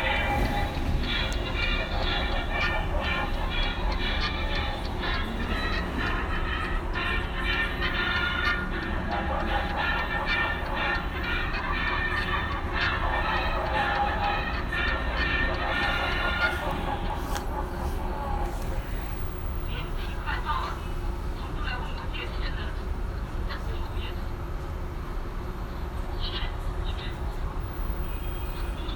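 A field recording from a visit to a sound installation, carried by a steady, heavy low rumble like a passing train or traffic. For the first sixteen seconds a dense layer of clattering, ringing tones and voices sits on top, then thins to sparser, quieter sounds.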